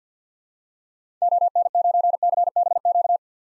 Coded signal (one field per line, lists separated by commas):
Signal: Morse code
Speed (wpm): 50 wpm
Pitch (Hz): 700 Hz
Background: none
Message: ON9CBQ